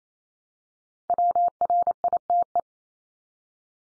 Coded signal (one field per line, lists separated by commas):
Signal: Morse code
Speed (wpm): 28 wpm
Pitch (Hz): 700 Hz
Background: none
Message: WRITE